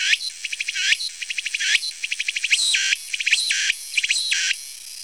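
Cicada call of pulsed ticks and buzzy swells.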